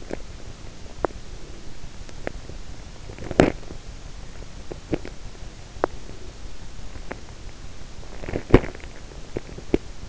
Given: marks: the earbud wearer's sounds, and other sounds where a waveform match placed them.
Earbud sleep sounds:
sounds in sleep by an in-ear microphone; teeth grinding, body movement
0.00-0.35 s: teeth grinding
0.93-1.29 s: teeth grinding
2.14-2.47 s: teeth grinding
3.07-3.86 s: teeth grinding
4.62-5.13 s: teeth grinding
5.68-6.13 s: teeth grinding
7.01-7.34 s: teeth grinding
7.99-8.85 s: body movement
9.22-10.09 s: teeth grinding

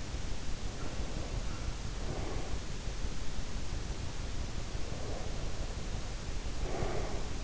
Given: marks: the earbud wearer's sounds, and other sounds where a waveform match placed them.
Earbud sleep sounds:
sounds in sleep by an in-ear microphone; breath
0.66-2.66 s: breath
4.67-7.44 s: breath

